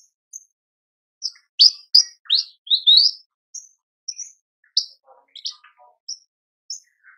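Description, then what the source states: Horsfield's bush lark song: a lively run of high, sharp chirps and short buzzy notes, irregular and varied, with a few lower twitters between phrases. Masteran tutor recording for training caged birds; described as super gacor, singing persistently.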